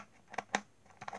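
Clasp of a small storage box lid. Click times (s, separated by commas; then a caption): 0.6 s. The small opening clasp on the lid of a small plastic storage box is worked open by hand, giving a few light ticks around 0.3–0.4 s. The clasp clicks open with a sharp snap at 0.55 s, and the lid is then folded back. A few more small taps and rustles follow around 1.0–1.2 s.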